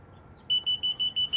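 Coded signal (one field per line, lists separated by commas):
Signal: beep code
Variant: Hansshow power trunk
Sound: six quick high-pitched beeps in rapid even succession after brief quiet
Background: faint background hum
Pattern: 6 short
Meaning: Speed setting 6, the fastest speed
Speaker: six beep let's see if it goes back to one beep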